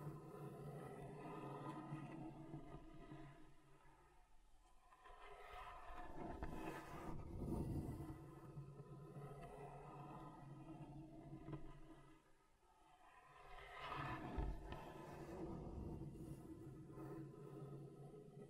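Scratching on a table surface, dragged in long, grinding strokes that swell and fade. The loudest passes come near 7 and 14 seconds, with quieter stretches around 5 and 12. A steady low hum runs underneath throughout.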